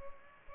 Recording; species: mosquito wingbeat signal from an infrared sensor; Culex pipiens